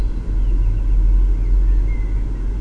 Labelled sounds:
Common Blackbird
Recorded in Germany
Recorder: ecoPi

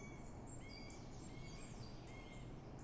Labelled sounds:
Great Tit
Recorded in Germany
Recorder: ecoPi

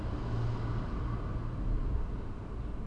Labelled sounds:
none
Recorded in Germany
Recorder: ecoPi

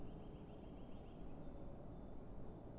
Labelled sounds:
Great Tit
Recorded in Germany
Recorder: ecoPi

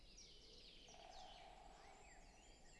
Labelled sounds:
Great Spotted Woodpecker
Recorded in Germany
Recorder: ecoPi

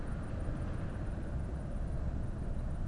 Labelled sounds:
none
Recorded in Germany
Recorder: ecoPi

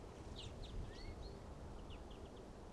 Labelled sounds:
Common Chaffinch
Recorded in Germany
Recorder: ecoPi

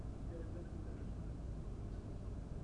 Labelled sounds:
none
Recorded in Germany
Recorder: ecoPi

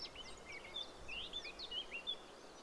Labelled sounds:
Eurasian Blackcap
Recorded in Germany
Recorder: ecoPi

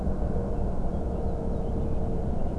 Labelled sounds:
Eurasian Blackcap
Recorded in Germany
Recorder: ecoPi

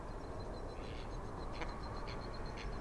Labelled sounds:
Mallard
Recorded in Germany
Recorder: ecoPi

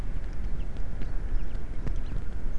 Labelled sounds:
Common Chaffinch
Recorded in Germany
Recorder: ecoPi

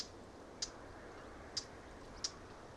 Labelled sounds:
Eurasian Blackcap
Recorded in Germany
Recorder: ecoPi

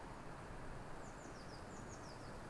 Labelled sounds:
Eurasian Blue Tit
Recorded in Germany
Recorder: ecoPi

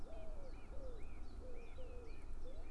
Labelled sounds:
Common Chiffchaff
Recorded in Germany
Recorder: ecoPi

